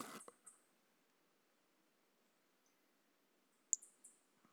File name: Brachycephalus mirissimus 18 jan 2018 individual 04. A E Confetti